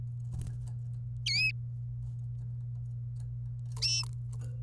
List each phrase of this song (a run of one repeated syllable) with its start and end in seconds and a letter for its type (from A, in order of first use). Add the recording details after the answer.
1.26-1.51 A. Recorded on 26 April 2018 at 16:20. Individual llb3